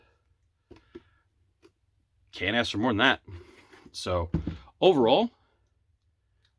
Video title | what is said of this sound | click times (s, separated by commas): the acolyte qimir stranger helmet build with magnets | just snaps into place | 0.7 s